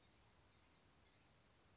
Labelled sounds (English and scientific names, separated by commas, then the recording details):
Blue-gray Gnatcatcher (Polioptila caerulea)
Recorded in Sonoma County, California